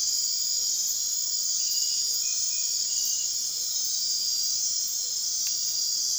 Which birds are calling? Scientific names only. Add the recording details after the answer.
none. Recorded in dense forest near Puerto Asís, Putumayo, Colombia, on 18 February 2024 at 23:30. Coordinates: 0.499, -76.324. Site G6469